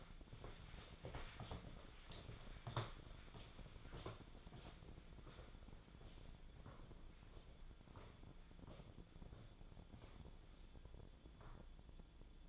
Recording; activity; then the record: daily activity, microphone in the room; walk to room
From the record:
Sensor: 5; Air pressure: 1010.2 hPa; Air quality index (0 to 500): 140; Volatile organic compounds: 3 ppm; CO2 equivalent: 1368 ppm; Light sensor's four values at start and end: 280/678/291/324 and 264/661/276/302